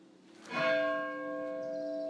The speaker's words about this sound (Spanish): Y los toques de difuntos son con 3 campanas.